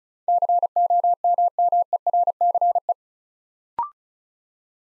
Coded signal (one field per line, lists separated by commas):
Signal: Morse code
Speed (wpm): 36 wpm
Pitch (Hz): 700 Hz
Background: none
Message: COMMERCE